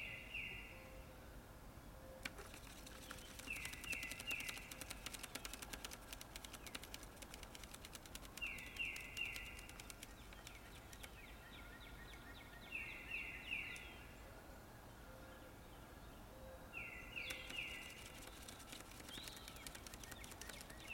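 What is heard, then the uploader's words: Birds call in a forest, a bright repeated phrase returning about every four to five seconds, each burst a quick run of clear notes. Fainter, lower calls sit over a steady hush and scattered dry ticking and clicks throughout. The peaceful sound of birds in the forest.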